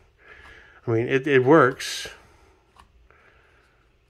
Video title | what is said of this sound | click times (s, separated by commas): A Bit Of Progress... | but it's uh it doesn't click into place so i'm not getting that snappy because | none